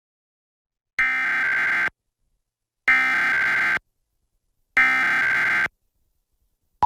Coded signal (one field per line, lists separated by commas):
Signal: Emergency Alert System (SAME) tones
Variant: header bursts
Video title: Various Emergency Alert System (EAS) Tests - Week of 9/13/2021